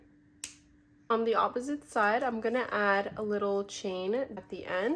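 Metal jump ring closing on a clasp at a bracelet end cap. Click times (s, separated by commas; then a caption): 0.4 s. A metal jump ring holding a lobster clasp on a bracelet end cap is closed, its ends pushed past each other until they give a sharp, bright click at 0.4 s, then brought back to meet, so the ring is closed. After a quiet pause, someone talks.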